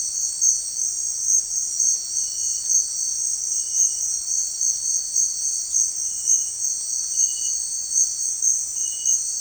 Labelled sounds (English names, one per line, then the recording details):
none
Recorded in secondary vegetation near Puerto Asís, Putumayo, Colombia, on 29 June 2025 at 16:30
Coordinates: 0.499, -76.323
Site G077